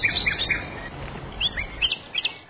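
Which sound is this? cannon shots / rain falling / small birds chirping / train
small birds chirping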